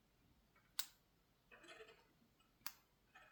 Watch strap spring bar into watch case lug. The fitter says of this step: just wiggle it around in the second part until it clicks.